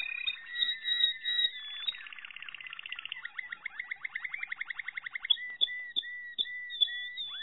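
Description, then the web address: Malinois canary song with a fast buzzing trill shifting into slower rolling notes, ending in clear whistled notes spaced about half a second apart. "~joaopt canarios racas canto malinois"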